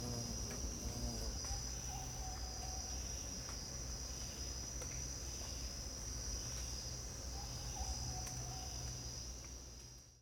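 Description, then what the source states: An even, high insect drone runs without pause over a low hum, then fades out at the end. Costa Rica rainforest jungle, morning, insect bed, spaced AB stereo recording with CMC 6 microphones.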